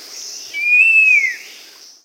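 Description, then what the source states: Scaled fruiteater giving a single long whistle that climbs gently, levels, then drops away, backed by a high insect buzz. Recorded in South America.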